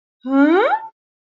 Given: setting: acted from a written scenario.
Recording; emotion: vocal sound without words; contempt